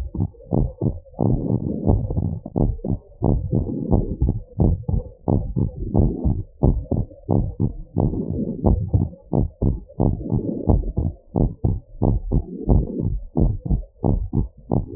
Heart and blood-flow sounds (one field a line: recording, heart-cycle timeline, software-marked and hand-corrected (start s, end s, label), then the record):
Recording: heart sounds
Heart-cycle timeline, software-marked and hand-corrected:
0.00	0.18	systole
0.18	0.28	S2
0.28	0.54	diastole
0.54	0.68	S1
0.68	0.92	systole
0.92	1.00	S2
1.00	1.26	diastole
1.26	1.40	S1
1.40	1.60	systole
1.60	1.66	S2
1.66	1.88	diastole
1.88	2.02	S1
2.02	2.26	systole
2.26	2.36	S2
2.36	2.60	diastole
2.60	2.72	S1
2.72	2.90	systole
2.90	2.98	S2
2.98	3.24	diastole
3.24	3.42	S1
3.42	3.62	systole
3.62	3.70	S2
3.70	3.92	diastole
3.92	4.04	S1
4.04	4.22	systole
4.22	4.36	S2
4.36	4.60	diastole
4.60	4.76	S1
4.76	4.94	systole
4.94	5.04	S2
5.04	5.28	diastole
5.28	5.40	S1
5.40	5.58	systole
5.58	5.70	S2
5.70	5.96	diastole
5.96	6.12	S1
6.12	6.26	systole
6.26	6.38	S2
6.38	6.64	diastole
6.64	6.78	S1
6.78	6.98	systole
6.98	7.06	S2
7.06	7.30	diastole
7.30	7.46	S1
7.46	7.62	systole
7.62	7.72	S2
7.72	7.98	diastole
7.98	8.10	S1
8.10	8.34	systole
8.34	8.46	S2
8.46	8.66	diastole
8.66	8.82	S1
8.82	9.02	systole
9.02	9.10	S2
9.10	9.34	diastole
9.34	9.48	S1
9.48	9.68	systole
9.68	9.78	S2
9.78	10.00	diastole
10.00	10.14	S1
10.14	10.34	systole
10.34	10.44	S2
10.44	10.70	diastole
10.70	10.86	S1
10.86	11.04	systole
11.04	11.14	S2
11.14	11.40	diastole
11.40	11.52	S1
11.52	11.70	systole
11.70	11.80	S2
11.80	12.04	diastole
12.04	12.16	S1
12.16	12.34	systole
12.34	12.44	S2
12.44	12.70	diastole
12.70	12.86	S1
12.86	13.06	systole
13.06	13.18	S2
13.18	13.42	diastole
13.42	13.54	S1
13.54	13.70	systole
13.70	13.82	S2
13.82	14.06	diastole
14.06	14.20	S1
14.20	14.38	systole
14.38	14.48	S2
14.48	14.72	diastole
14.72	14.82	S1
14.82	14.96	systole
From the record:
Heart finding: normal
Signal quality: good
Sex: female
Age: 42 years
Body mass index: 35.5